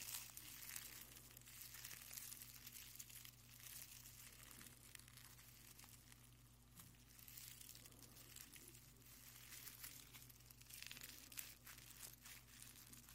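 A napkin is crinkled and handled continuously, its dense, bright rustling swelling and easing over a steady low hum underneath.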